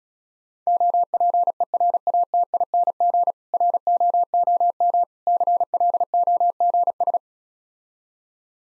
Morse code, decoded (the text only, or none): OPERATING ROOM CLOGS